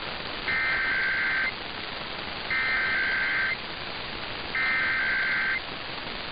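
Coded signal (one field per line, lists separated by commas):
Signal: Emergency Alert System (SAME) tones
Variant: header bursts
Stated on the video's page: Weekly test alerts.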